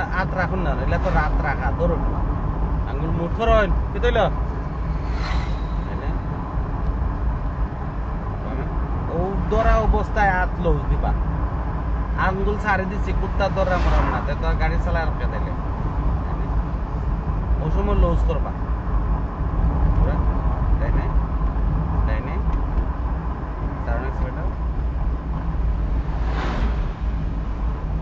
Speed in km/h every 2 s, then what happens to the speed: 43, 43, 43, 42, 42, 42, 42, 42, 42, 42, 42, 42, 41, 41.
0-28 steady at about 42.